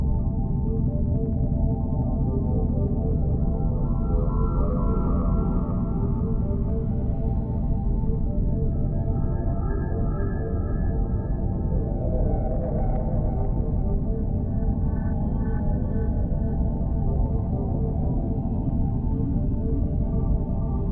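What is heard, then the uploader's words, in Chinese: A wormhole-travel soundscape in the style of old science-fiction films: a dense, steady low rumble with layered sustained tones that waver and bend throughout. Brighter whistling tones drift in around the middle and return near the end, over a constant loud drone. 這件聲音是由藝術家李承亮的《時光旅行艙》所搭載， 馮稚暝聲音製作。這是關於穿越蟲洞的音景聲音， 取樣40-60年代科幻片發展進程下的穿越穿梭聲音。合成器聲音與實驗聲響。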